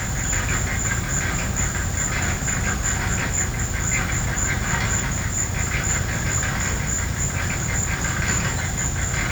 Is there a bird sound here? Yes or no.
no